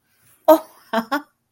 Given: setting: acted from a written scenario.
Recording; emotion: vocal sound without words; interest